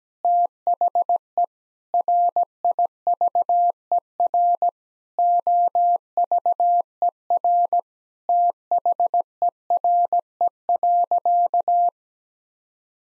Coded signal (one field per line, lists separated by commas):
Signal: Morse code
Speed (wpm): 17 wpm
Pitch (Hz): 700 Hz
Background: none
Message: THE RIVER OVER THERE.